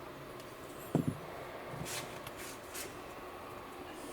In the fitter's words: snaps into place